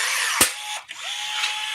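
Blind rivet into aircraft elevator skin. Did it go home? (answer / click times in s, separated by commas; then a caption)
yes / 0.4 s. A rivet gun pulls a blind pop rivet into the aircraft elevator's sheet-metal skin, working until the mandrel snaps off with a sharp pop at 0.4 s. A lighter snap follows near 0.9 s over steady background hiss. The rivet is set.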